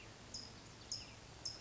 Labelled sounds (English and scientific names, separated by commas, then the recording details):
California Towhee (Melozone crissalis)
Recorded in Sonoma County, California